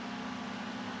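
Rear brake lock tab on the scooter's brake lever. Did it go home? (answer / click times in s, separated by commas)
no / none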